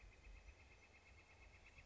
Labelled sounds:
Northern Flicker
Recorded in Sonoma County, California

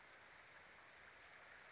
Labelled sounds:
Western Flycatcher
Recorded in Sonoma County, California

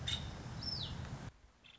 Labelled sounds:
Nuttall's Woodpecker
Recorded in Sonoma County, California

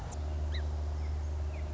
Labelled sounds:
Song Sparrow
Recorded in Sonoma County, California

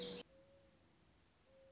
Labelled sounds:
Mourning Dove
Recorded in Sonoma County, California

